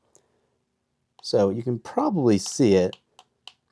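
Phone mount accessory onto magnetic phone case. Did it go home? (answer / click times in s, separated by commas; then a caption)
yes / 3.5 s. A Peak Design mount accessory is pressed onto a magnetic plastic phone case while someone talks. Faint clicks follow, and it locks in with a sharp click at 3.5 s, seated.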